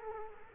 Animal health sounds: mosquito wingbeat signal from an infrared sensor; Culex quinquefasciatus

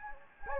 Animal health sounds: mosquito wingbeat signal from an infrared sensor; Anopheles gambiae

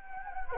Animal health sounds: mosquito wingbeat signal from an infrared sensor; Anopheles gambiae

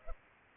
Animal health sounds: mosquito wingbeat signal from an infrared sensor; Culex pipiens

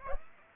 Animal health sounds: mosquito wingbeat signal from an infrared sensor; Aedes aegypti

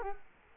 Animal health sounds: mosquito wingbeat signal from an infrared sensor; Culex quinquefasciatus

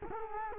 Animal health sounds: mosquito wingbeat signal from an infrared sensor; Culex quinquefasciatus

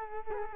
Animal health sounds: mosquito wingbeat signal from an infrared sensor; Culex quinquefasciatus

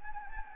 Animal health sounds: mosquito wingbeat signal from an infrared sensor; Anopheles gambiae

